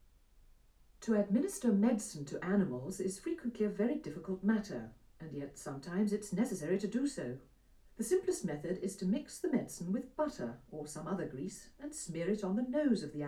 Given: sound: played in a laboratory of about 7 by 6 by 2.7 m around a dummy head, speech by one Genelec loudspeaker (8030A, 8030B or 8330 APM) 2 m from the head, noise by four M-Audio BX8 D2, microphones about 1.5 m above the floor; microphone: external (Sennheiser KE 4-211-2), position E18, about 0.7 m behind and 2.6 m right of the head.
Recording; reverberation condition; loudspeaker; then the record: female speech in English; low; 150 degrees to the left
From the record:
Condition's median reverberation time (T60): about 310 ms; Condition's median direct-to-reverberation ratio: about 3.5 dB